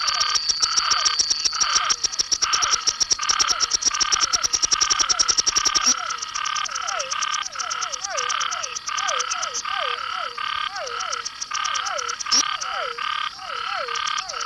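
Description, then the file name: Silver-adorned treefrog: frog calls: rapid pulsed notes and lower looping notes repeated several times a second, with fast ticking over the first half and a steady high tone. "Scinax Argyreornatus"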